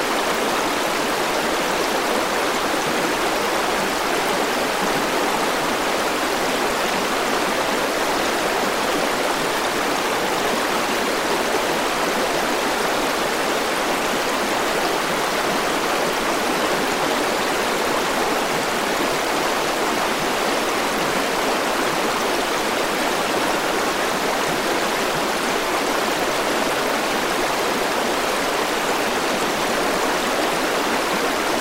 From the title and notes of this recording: In this episode, immerse yourself in the tranquil and calming sound of a flowing river. Listen to the gentle murmur of water. This episode features only natural soundscapes with no dialogue or voice.